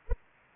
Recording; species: mosquito wingbeat signal from an infrared sensor; Anopheles arabiensis